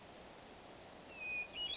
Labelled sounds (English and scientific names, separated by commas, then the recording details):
Hermit Thrush (Catharus guttatus)
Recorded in Sonoma County, California